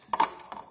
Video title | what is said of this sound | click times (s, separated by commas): Replace Airbag Switch on Audi TT Mk2 | until it clicks and that's | 0.1 s